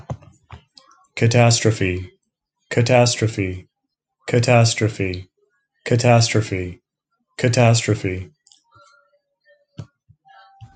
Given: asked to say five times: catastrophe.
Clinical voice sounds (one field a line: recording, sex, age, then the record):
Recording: repeated word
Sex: male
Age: 40 to 49 years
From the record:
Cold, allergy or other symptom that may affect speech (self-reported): no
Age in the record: 49 years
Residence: California, United States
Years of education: 26